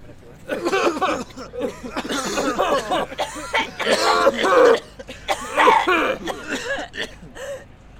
Coughing Group.